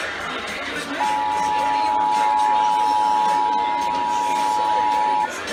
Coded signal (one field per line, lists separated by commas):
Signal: Emergency Alert System (SAME) tones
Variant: 853 and 960 Hz attention tone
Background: speech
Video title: Los Angeles Required Monthly Tests (EAS #2648-2679) 9/29/20